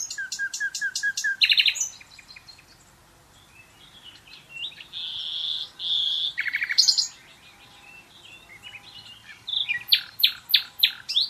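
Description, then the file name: Common nightingale song: a rapid series of repeated notes and a loud buzzy burst, then after a pause a sustained phrase, and a final run of sharp high repeated notes. "Luscinia megarhynchos"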